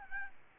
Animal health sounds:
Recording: mosquito wingbeat signal from an infrared sensor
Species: Aedes albopictus

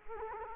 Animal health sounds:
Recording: mosquito wingbeat signal from an infrared sensor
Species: Culex quinquefasciatus

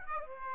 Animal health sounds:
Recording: mosquito wingbeat signal from an infrared sensor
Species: Aedes aegypti

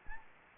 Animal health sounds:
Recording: mosquito wingbeat signal from an infrared sensor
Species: Anopheles gambiae

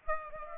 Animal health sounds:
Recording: mosquito wingbeat signal from an infrared sensor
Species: Aedes aegypti

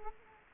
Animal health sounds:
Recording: mosquito wingbeat signal from an infrared sensor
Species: Culex quinquefasciatus

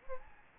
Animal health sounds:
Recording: mosquito wingbeat signal from an infrared sensor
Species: Aedes albopictus

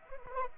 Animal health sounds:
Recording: mosquito wingbeat signal from an infrared sensor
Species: Anopheles arabiensis

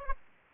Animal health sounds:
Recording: mosquito wingbeat signal from an infrared sensor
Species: Aedes aegypti

